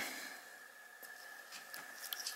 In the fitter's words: go snaps right in then I go ahead and use two just random six millimeter screws to